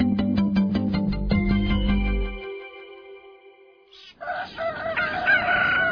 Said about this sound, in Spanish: ¿qué no escuchas el gallo? Levántate y prende la radio.